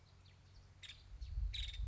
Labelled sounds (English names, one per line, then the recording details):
Nuttall's Woodpecker
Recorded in Sonoma County, California